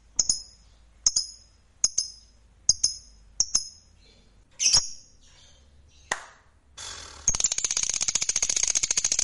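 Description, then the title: Lovebird calls, sharp high chips spaced about a second apart, then a few rougher notes, ending in a burst of rapid buzzy chattering. "Suara Lovebird"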